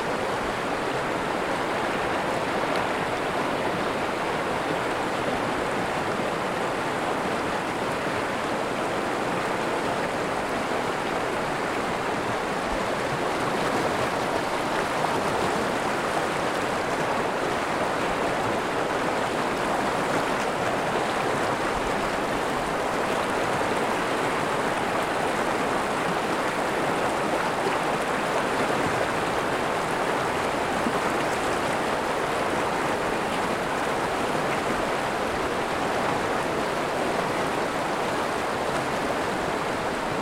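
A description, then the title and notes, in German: A mountain stream rushes steadily and densely throughout, its full hiss and splash unchanging, with bright spray over a softer low churn. Das Rauschen eines Gebirgsbaches begleitet uns.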